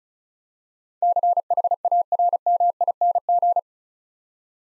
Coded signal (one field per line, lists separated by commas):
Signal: Morse code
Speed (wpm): 36 wpm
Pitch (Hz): 700 Hz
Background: none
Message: CHARMING